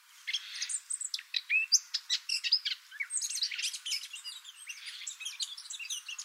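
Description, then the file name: Eurasian blackcap in a continuous, rapid warble of high chips, slurred whistles and chatter. "Sylvia atricapilla"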